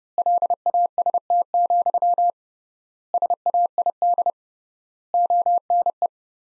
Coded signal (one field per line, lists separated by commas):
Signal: Morse code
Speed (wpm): 30 wpm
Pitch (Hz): 700 Hz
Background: none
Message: LAST, SAID ONE